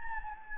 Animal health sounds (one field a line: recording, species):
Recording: mosquito wingbeat signal from an infrared sensor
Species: Anopheles gambiae